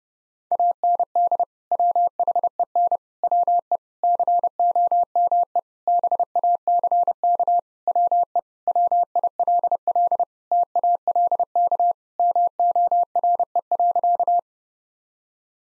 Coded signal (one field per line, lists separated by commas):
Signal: Morse code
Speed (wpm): 32 wpm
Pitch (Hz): 700 Hz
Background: none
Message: AND WHEN WE COME BACK WE WILL TALK MORE.